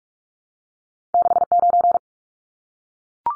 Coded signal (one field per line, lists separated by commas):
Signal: Morse code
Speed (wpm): 44 wpm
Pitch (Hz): 700 Hz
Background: none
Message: 69